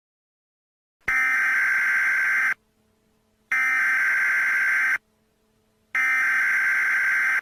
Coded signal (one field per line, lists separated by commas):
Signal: Emergency Alert System (SAME) tones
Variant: header bursts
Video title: Don’t Frown in Clown Town: A Halloween EAS Scenario